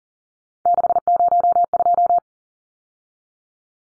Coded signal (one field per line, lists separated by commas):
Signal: Morse code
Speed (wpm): 40 wpm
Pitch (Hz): 700 Hz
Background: none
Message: 602